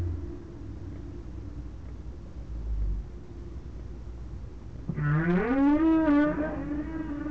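Whale moan: after quiet low droning, one loud rising, harmonic-rich cry that holds and wavers for about two seconds.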